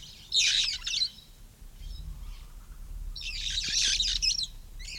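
Red-fronted parrot making two drawn-out, grating squawk sequences separated by a quiet gap, the second longer.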